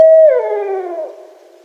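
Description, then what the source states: Barred owl hoot heard from mid-note, a strong low tone that slides downward and fades out over about a second. Recorded 1 December 2011.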